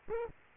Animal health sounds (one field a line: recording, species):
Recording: mosquito wingbeat signal from an infrared sensor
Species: Aedes aegypti